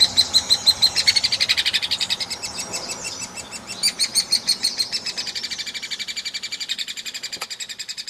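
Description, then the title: Hairy woodpecker calling: a dense rattle of many high, sharp notes. Used as masteran tutoring audio for training kacer, murai and cucak hijau songbirds. "platuk hairy untuk kacer murai cucak hijau masteran"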